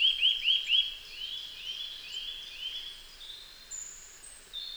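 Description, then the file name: Eurasian nuthatch giving a fast series of rising whistled notes, four quick ones then slower, longer upslurs, with thin high calls behind. "Sitta europaea"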